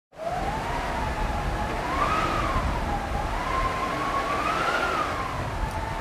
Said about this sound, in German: Herbei, herbei, mein Ariel, herbei! Einmal O-Ton Windmaschine, bitte.